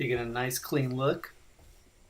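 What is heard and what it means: A plastic cable management back cover for an LG 55SM9000 (55SM90) TV is handled against the TV's pedestal stand while someone talks, followed by quiet handling noise. The clip ends before the cover goes home, so nothing has snapped into place yet.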